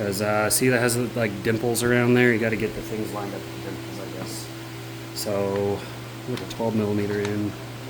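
Someone talks while handling the 12 mm orbit insert for an SPTA Mini Cordless Polisher V3, lining it up with the dimples on the quick-connect head before pushing it in. No click is heard; nothing has seated yet.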